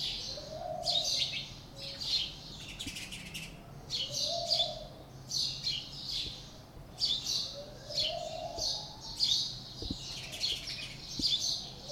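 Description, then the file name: House sparrow calls, repeated harsh chirps in quick groups throughout, with a soft low cooing note recurring every few seconds in the background. "Passer domesticus"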